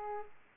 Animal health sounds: mosquito wingbeat signal from an infrared sensor; Aedes aegypti

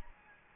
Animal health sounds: mosquito wingbeat signal from an infrared sensor; Anopheles gambiae

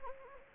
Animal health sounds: mosquito wingbeat signal from an infrared sensor; Anopheles gambiae

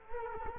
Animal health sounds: mosquito wingbeat signal from an infrared sensor; Culex quinquefasciatus

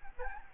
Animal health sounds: mosquito wingbeat signal from an infrared sensor; Aedes albopictus

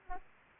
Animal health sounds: mosquito wingbeat signal from an infrared sensor; Aedes aegypti

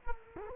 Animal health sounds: mosquito wingbeat signal from an infrared sensor; Culex quinquefasciatus

